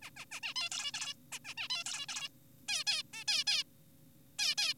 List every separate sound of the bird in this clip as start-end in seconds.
0.02-0.10, 0.17-0.26, 0.32-0.40, 0.43-0.54, 0.56-0.69, 0.71-0.92, 0.94-1.14, 1.32-1.39, 1.45-1.54, 1.57-1.68, 1.70-1.84, 1.86-2.06, 2.09-2.29, 2.69-2.84, 2.87-3.03, 3.13-3.24, 3.28-3.44, 3.47-3.63, 4.39-4.55, 4.58-4.74